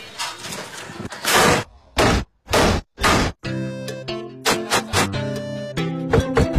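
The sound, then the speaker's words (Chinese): A shop owner's cleaver chops hard through chicken: four loud, heavy thwacks at a steady pace, then music starts with more sharp hits mixed in. “从开门那一刻起，老板手里的刀就不会停下来，只管专注的埋头剁鸡，在意的呢也只有自己的手艺了。”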